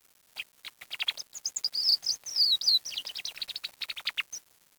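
Bird giving quick high chirps, then a few longer down-slurred whistled notes in the middle, then back to rapid clipped twitters.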